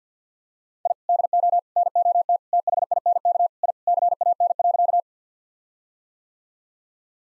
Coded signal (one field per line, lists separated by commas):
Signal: Morse code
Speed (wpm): 50 wpm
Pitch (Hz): 700 Hz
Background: none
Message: I DO NOT THINK I CAN.